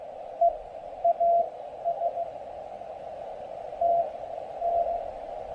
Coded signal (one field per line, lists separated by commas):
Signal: Morse code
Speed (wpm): 17 wpm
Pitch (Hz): 680 Hz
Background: radio noise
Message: EA STN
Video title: POTA with 3 Watts! Pairing the MTR-3B, EFHW, and a new speaker at PIsgah National Forest.